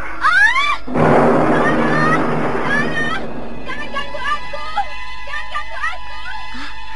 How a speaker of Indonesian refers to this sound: Berarti itu teriakan